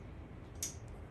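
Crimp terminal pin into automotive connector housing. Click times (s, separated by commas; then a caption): 0.6 s. A metal crimp terminal pin, flipped to the correct orientation after a first try stopped, is pushed into a plastic automotive connector housing. A short, sharp click is heard at 0.6 s over a low background hum. The terminal seats in the housing.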